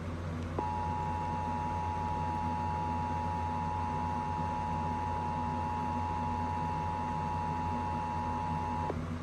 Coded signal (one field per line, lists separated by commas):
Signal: Emergency Alert System (SAME) tones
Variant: 853 and 960 Hz attention tone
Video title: EAS Capture #44-50 - Monthlies, monthlies, and more monthlies.